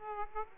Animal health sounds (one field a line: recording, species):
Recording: mosquito wingbeat signal from an infrared sensor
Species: Aedes aegypti